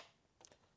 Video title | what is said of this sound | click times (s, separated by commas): Renault Clio Rocker Cover Refit (The Rocker Cover Saga Part 2) | engine lifting bracket and then just push it in carefully until you hear the click | 0.4 s